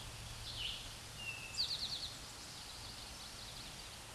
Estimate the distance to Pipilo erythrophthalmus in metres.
about 5 m